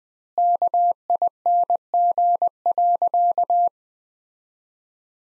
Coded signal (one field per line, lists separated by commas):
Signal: Morse code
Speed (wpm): 20 wpm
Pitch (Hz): 700 Hz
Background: none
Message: KING.